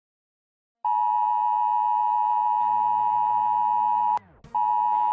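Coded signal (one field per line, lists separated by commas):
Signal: Emergency Alert System (SAME) tones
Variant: 853 and 960 Hz attention tone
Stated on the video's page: Fictional zombie EAS scenario, not a real alert.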